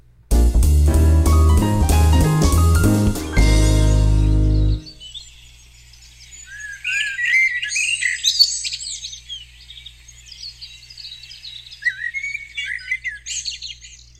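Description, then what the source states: Common blackbird song, varied warbled and chirping phrases in quick succession, following a few seconds of loud music. Played as a guessing-game example; described as a cacophony of bird sounds.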